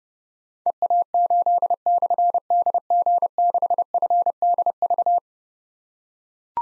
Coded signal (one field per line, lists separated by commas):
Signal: Morse code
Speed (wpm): 30 wpm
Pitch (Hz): 700 Hz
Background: none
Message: EA8/DG6FDV